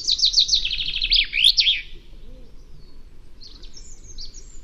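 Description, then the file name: Common chaffinch song: a bright, rapid descending trill of repeated notes ending in a sharp flourish, followed by quieter high chirps. "Fringilla coelebs"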